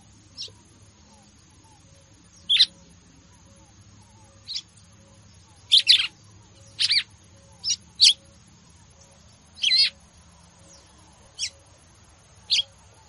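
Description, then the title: Red-cowled cardinal with brief bright chipping notes, some doubled, scattered at uneven intervals of under a second to about two seconds over a quiet background hiss. Female; song style locally called "batendo fogo". "Canto Galo Campina Fêmea. Galo de Campina batendo fogo ( Canto de Pássaros )"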